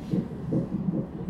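Fast, rhythmic whooshing pulses at roughly 160 a minute from a fetal heart monitor in the background during labor at the hospital, a normal fetal heartbeat.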